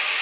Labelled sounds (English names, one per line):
Golden-winged Warbler flight call